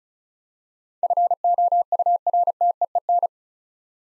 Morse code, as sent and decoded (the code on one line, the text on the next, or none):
..-. --- ..- .-. - . . -.
FOURTEEN